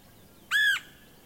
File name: Red-headed Woodpecker